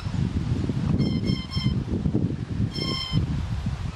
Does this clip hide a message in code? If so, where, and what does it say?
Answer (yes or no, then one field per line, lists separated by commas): no